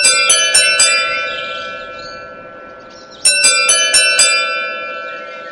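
A doorbell, pressed by a young woman visitor, chimes in two rounds, each a quick run of three or four bright, ringing strikes whose tones hang and fade in between, with no voices present.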